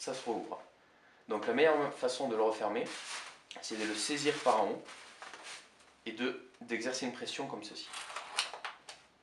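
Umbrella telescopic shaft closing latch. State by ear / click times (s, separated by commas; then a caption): seated / 8.4 s. Someone talks while gripping an Ohuhu automatic-opening umbrella from the top and pressing its telescopic metal shaft down, since it springs back open if released before it clips. The shaft latch clicks shut at 8.4 s, and the umbrella is confirmed closed.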